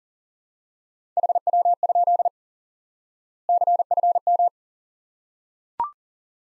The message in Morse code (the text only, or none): HW? CFM